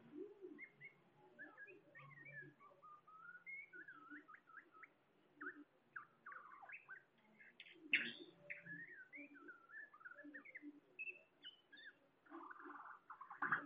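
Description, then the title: Birds singing together, a soft mix of warbled and whistled phrases with low cooing beneath, some louder chirps breaking through now and then. "SuaraBurung Kicau"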